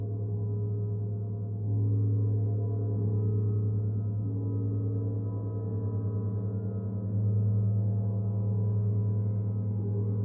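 A gong hums with a deep, sustained tone, its low ring layered with wavering, beating overtones and little above the middle range. The sound never dies away; it swells slightly louder near two seconds and again around seven seconds as it is struck or rubbed anew.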